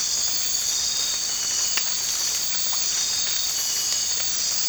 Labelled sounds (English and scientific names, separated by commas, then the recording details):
none
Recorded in dense forest near Puerto Asís, Putumayo, Colombia, on 8 March 2025 at 03:30
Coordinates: 0.484, -76.317
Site G064